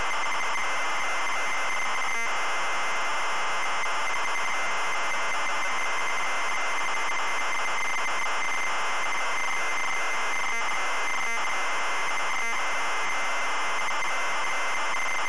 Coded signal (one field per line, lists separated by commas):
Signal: ZX Spectrum tape loading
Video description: today we're loading the ZX Spectrum game, Angry Birds!